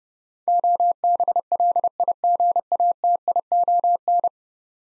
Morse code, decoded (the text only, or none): OBLIGATION